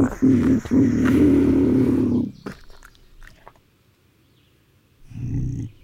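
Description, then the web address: Bobcat growling in a harsh, low rumble for about two seconds, a pause with soft rustles, then a shorter growl near the end. "Wildlife Sounds. Bobcat"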